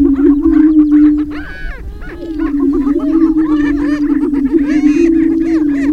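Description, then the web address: Greater prairie chickens give a low booming drone, briefly dipping after one second, with crowded cackling and whooping calls from many birds. "Gallinaceous Gr Prairie Chicken"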